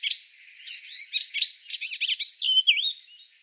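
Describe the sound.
Icterine warbler song: a fast, varied jumble of chattering notes and slurred whistles, ending in a clear falling-and-rising whistle.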